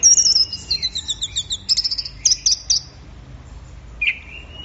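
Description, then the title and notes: Orange-headed thrush singing high, sweet whistled phrases with rapid trills and slurred notes, a short pause, then a single rising whistle near the end. Bird in full 'gacor' song, 'teler' style, recorded for training songbirds. "Anis Merah Gacor Teler. Suara Burung Anis"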